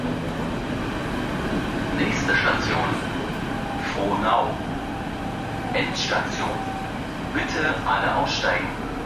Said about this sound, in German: Nach Frohnau kommen wir mit der S-Bahn.